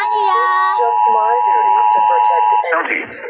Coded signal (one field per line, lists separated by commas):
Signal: Emergency Alert System (SAME) tones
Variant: 853 and 960 Hz attention tone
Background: speech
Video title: Rating EAS Alarms